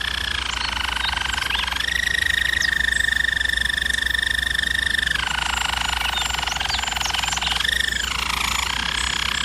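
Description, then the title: German Roller canary song, a continuous fast rolling trill holding level pitches, dropping lower midway and briefly rising again. German Roller canary singing, for canary training. "German Roller Canary Singing - Canary Training Vid"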